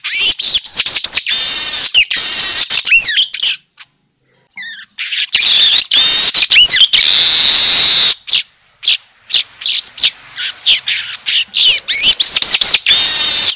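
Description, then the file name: Weaver song: loud, buzzy, sizzling high-pitched phrases with wheezy whistled notes, broken by short pauses and a brief silent gap. Lure sound (pancingan) of a manyar weaver described as gacor, meaning singing loudly and continuously. "Suara Pancingan Burung Manyar Gacor Dor"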